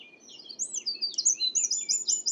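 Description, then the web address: Bird chirping calls, high twittering notes and sweeping whistles tumbling quickly over each other, growing busier and louder toward the end over a faint low hum. "cianscape birddata Deverinetal 2025"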